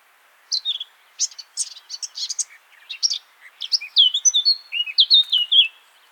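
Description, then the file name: Eurasian blackcap singing a rich, hurried warble: scratchy twittering notes first, then louder clear whistles falling in pitch toward the end. "Sylvia atricapilla"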